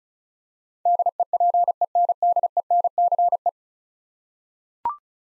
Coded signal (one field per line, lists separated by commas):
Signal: Morse code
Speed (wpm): 36 wpm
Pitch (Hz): 700 Hz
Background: none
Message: DEPENDENCE